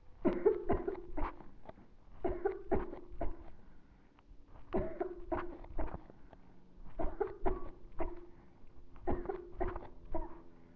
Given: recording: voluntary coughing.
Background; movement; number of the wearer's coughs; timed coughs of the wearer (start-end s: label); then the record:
quiet; sitting; 15
0.22-0.62 s: cough
0.66-1.05 s: cough
1.15-1.49 s: cough
2.21-2.58 s: cough
2.69-3.03 s: cough
3.18-3.47 s: cough
4.71-5.18 s: cough
5.29-5.60 s: cough
5.77-5.99 s: cough
6.97-7.32 s: cough
7.43-7.75 s: cough
7.97-8.24 s: cough
9.04-9.38 s: cough
9.58-9.94 s: cough
10.12-10.38 s: cough
From the record:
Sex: female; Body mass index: 18.8 kg/m2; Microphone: on the chest, facing the body